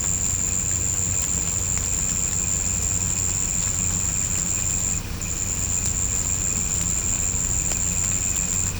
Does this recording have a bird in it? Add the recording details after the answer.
no. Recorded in pastures near Puerto Asís, Putumayo, Colombia, on 16 December 2024 at 17:30. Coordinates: 0.505, -76.324. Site G063